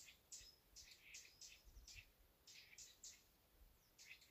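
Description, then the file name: Eurasian nuthatch giving short, sharp high-pitched call notes in loose irregular clusters. "Sitta europaea"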